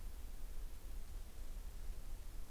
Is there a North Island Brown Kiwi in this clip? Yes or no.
no